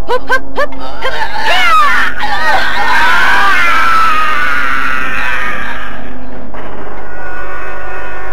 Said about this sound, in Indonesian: Teriakan panjang menggema di Bukit Tengkorak dan sekitarnya.